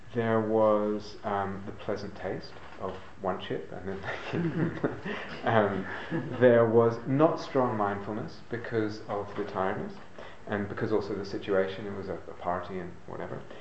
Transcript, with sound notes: There was the pleasant taste of one chip, and then... [laughter] There was not strong mindfulness because of the tiredness, and because also the situation -- it was a party and whatever.